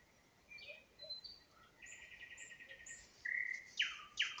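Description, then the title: Nightingale song with soft notes and a pulsed buzzy trill, then a loud flat whistle and two loud sweeping notes at the end. Singing in spring near Huncha, Vinnytsia Oblast, Ukraine. "Unnamed Road, Гунча, Вінницька область, Україна, 23724-Spring, nightingale singing"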